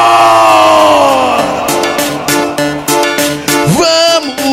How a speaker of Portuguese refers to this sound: A galera do Paysandu dá um grito!